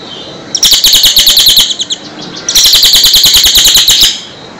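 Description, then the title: Sunbird singing quick strings of piercing high chips, two runs of one to one and a half seconds each with a brief gap between them. Clear, loud, melodious song used to train cage birds. "Suara Kolibri Ninja MERDU, JELAS DAN LANTANG"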